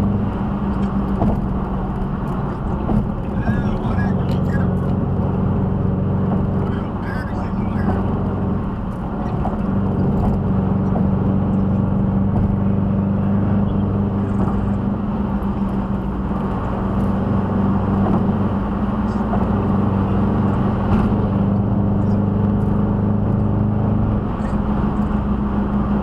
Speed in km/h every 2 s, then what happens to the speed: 150, 143, 145, 147, 145, 147, 153, 151, 151, 150, 153, 161, 163.
0-9 steady at about 145. 9-26 speeds up to 163.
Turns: none.